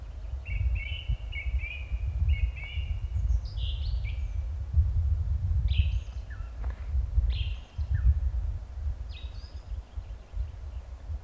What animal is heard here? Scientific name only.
Turdus philomelos